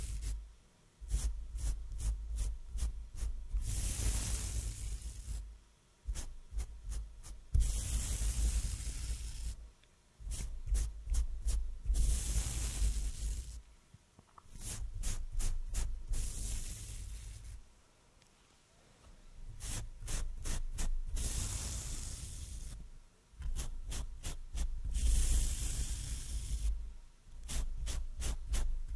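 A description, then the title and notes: Soft brushing across a microphone in repeating sweeps, quick rhythmic taps alternating with longer hissing strokes, dense, with brief quiet pauses between. ASMR soft Mic Brushing. Trying new brushes.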